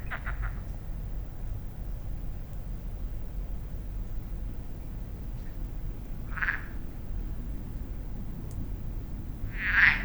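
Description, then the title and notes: Frog croaks, short bursts: faint repeated pulses at the start, then two single croaks later on, the last at the very end, over low steady rumble. Frog at Lac de Barterand, Magnieu, France, with a fine echo revealing the hills around the lake; recorded with Sennheiser MKH8040 (stereo ORTF) and Zoom F8. "Lac de Barterand - Magnieu, France - Échos batraciens. Toujours commune la grenouille. Mais pas si banale cette situation d'écoute ! Avec ce bel écho qui révèle les collines environant le lac. Marc Namblard. Stéphane Marin"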